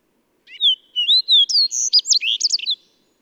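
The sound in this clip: Bird singing a varied phrase: clear whistled slurs rising and falling, then a rapid jumble of high twittering notes ending in a short run of quick chips.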